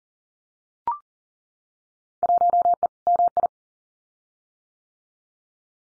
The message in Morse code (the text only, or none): 1E MI